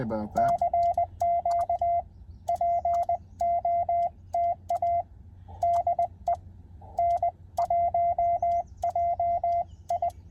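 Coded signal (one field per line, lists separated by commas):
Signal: Morse code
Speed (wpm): 20 wpm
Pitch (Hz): 690 Hz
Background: speech, radio noise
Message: CQ POTA DE N1JI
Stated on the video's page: CW Parks on the Air activation at a state park.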